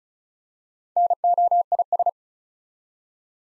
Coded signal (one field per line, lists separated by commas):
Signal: Morse code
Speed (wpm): 36 wpm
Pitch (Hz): 700 Hz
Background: none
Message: NOIS